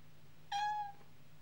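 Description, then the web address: Cat giving a single short, clear miaow lasting about half a second, then quiet. "The BBC Sound Effects Library. Cat miaowing"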